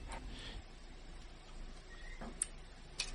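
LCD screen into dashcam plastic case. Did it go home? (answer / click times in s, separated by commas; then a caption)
yes / 2.4 s, 3.0 s. While reassembling a dashcam, the LCD screen is fitted into its plastic case. Over a low steady background, two sharp clicks ring out at 2.4 s and 3.0 s as its clips lock, and the screen is seated.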